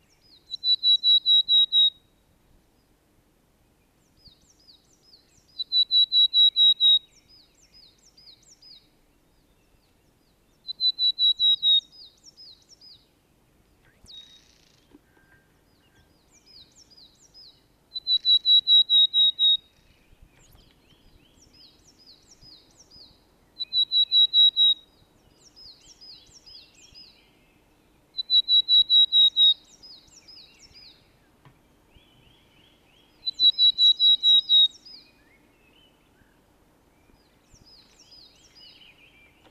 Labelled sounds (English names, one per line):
Willow Tit song